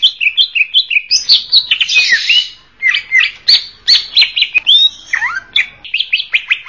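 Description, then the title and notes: Leafbird song, a rapid stream of high chirps, slurred whistles and down-swept notes, delivered almost without pause. Singing cucak ijo described as a champion bird. "Kicau Burung Cucak Ijo Juara. Suara kicauan burung cucak ijo"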